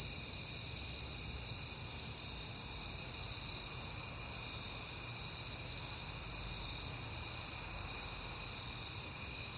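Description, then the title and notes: Steady cricket chorus, high layered trills ringing without pause, over a faint low rumble. Crickets at night in September, on a peaceful night. "Night Time: Crickets and Passing Cars. It is September and I have been hearing the crickets a lot, but finally had a peaceful night to make the recording"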